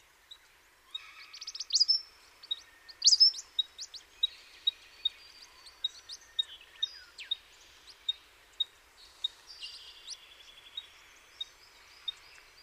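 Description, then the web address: Eastern spinebill calls: rapid high chips early, then a steady run of thin, piping notes with faint twittering behind. "sound Eastern-spinebill. صدای-پرنده-خوار-نوک-شرقی"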